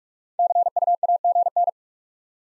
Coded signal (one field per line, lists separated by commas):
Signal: Morse code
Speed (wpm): 43 wpm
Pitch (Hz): 700 Hz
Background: none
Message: CUAGN